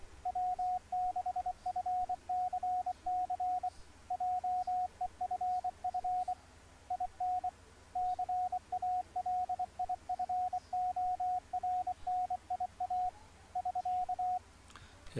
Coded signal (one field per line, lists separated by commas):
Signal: Morse code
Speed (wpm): 24 wpm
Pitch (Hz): 730 Hz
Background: radio noise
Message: W6FCC JEFF IN CALIFORNIA <SK>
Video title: RS BA1 CW Mode Demo